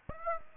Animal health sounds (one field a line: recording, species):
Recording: mosquito wingbeat signal from an infrared sensor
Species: Aedes aegypti